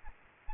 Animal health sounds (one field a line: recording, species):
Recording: mosquito wingbeat signal from an infrared sensor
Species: Aedes aegypti